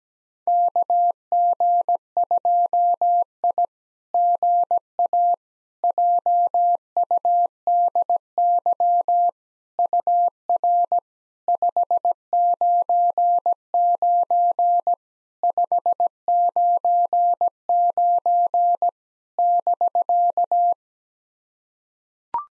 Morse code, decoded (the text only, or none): KG2I GA JUDY UR 599 599 <BK>